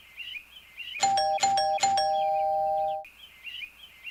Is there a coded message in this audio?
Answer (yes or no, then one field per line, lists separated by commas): no